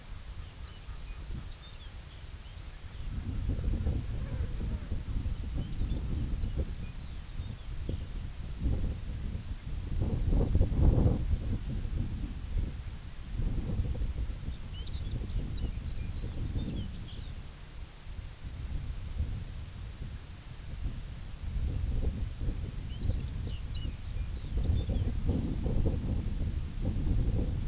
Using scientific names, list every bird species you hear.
Gavia stellata, Calcarius lapponicus